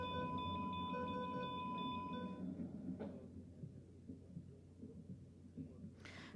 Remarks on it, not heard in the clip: Just by the recording of an IT closet, in other words, typical ventilation noise in this simulation of a hospital environment, completely masked out the sound of a heartbeat. You can just hear it in the background.